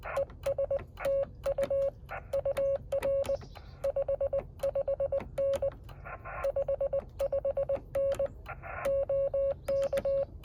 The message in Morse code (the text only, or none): ESTU UR 55N 55N OK